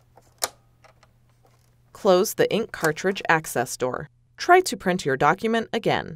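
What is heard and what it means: A black ink cartridge is pushed into the right slot of an HP DeskJet 3700 series printer carriage and snaps into place with one sharp click at 0.4 s, among quieter handling sounds. The cartridge is seated, and then someone talks.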